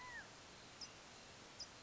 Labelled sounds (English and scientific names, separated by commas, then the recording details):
California Quail (Callipepla californica)
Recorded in Sonoma County, California